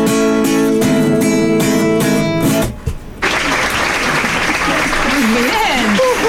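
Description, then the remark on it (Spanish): A sung music passage ends abruptly, and after a brief pause a steady wash of recorded applause rises and continues at a fairly loud level while a voice talks over it. “Tenemos aplausos, aplausos grabados, ¿no?”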